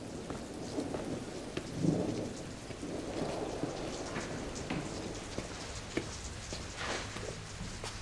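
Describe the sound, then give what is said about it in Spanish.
Steady rain pours down in a constant hiss while low thunder rumbles and swells, with a heavier roll around the second second and scattered sharper drips and taps throughout. “Los relámpagos iluminan la estancia.”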